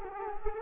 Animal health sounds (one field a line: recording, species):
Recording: mosquito wingbeat signal from an infrared sensor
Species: Culex quinquefasciatus